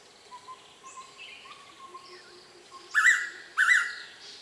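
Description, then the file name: Blue-winged pitta gives a bold double whistle near the end, preceded by soft whistles and faint high chirps from other birds. "p moluccensis"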